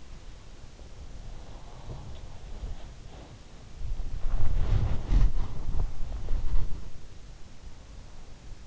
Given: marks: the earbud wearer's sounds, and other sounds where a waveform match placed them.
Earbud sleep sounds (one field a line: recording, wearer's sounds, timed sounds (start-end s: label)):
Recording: sounds in sleep by an in-ear microphone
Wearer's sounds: body movement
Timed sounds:
1.10-7.20 s: body movement
1.37-3.01 s: sound from someone else or the room